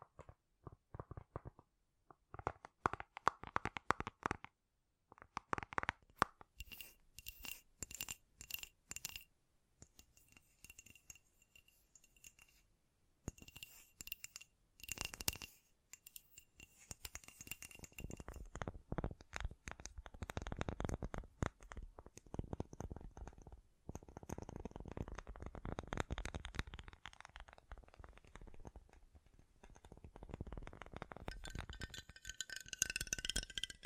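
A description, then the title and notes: Tapping sounds come in quick, dense bursts of sharp clicks and knocks, with short silent gaps in the first half. Some taps ring with a thin, bright tone like glass or metal. From about 18 seconds the tapping grows steadier and fuller, with a soft rumbling scratch underneath. ASMR Great Tapping Sounds for Sleep (No Talking).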